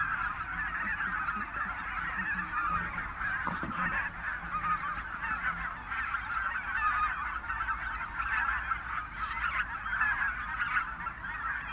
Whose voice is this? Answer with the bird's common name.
Greater White-fronted Goose